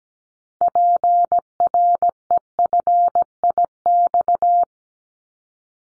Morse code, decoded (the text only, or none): PREFIX